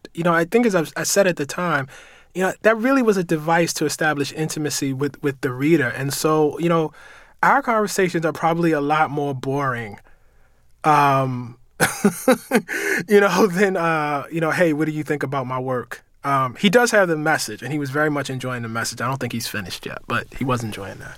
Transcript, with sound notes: But, you know, I think, as I said at the time, you know, that really was a device to establish intimacy with the reader. And so, you know, our conversations are probably a lot more boring (laughter), you know, than, you know, hey; what do you think about my work? He does have "The Message," and he was very much enjoying "The Message." I don't think he's finished yet, but he was enjoying that.